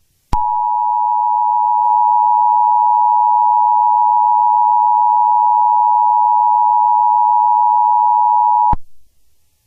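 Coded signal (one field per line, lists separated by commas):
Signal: Emergency Alert System (SAME) tones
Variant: 853 and 960 Hz attention tone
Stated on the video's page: Fictional EAS scenario using real EAS tones.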